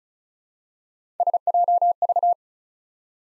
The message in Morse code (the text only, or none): SJV